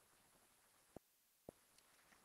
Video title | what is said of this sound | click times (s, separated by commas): How To Make Custom Rubber Stamps with FastLight | and press down evenly with moderate pressure until you hear it snap together | 1.0 s, 1.5 s